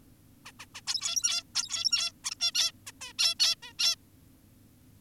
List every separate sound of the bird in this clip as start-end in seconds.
0.46-0.52, 0.60-0.66, 0.75-0.81, 0.87-1.43, 1.55-2.12, 2.24-2.35, 2.40-2.52, 2.55-2.72, 2.87-2.92, 3.01-3.13, 3.19-3.35, 3.40-3.56, 3.63-3.73, 3.79-3.96